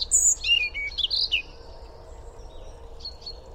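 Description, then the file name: European robin song: a quick, high warbled phrase of thin whistles and tumbling notes in the first second and a half, then faint hiss. "Erithacus rubecula"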